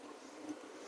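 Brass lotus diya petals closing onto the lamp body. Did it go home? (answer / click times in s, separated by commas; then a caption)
no / none. Brass lotus diya petals are being closed onto the lamp body after the lamp is set down, giving a faint, steady low-level rustle with no sharp hit in this short stretch. The petals have not yet closed and locked; nothing has seated or clicked yet.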